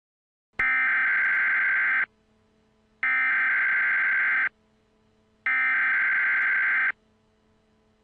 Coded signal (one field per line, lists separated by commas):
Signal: Emergency Alert System (SAME) tones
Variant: header bursts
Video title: EAS Scenario - Spacial Rand (Part 1)